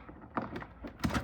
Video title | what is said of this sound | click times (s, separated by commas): This Is The Best Home Bitcoin Miner - Avalon Mini 3 Review | I heard it click. | 0.4 s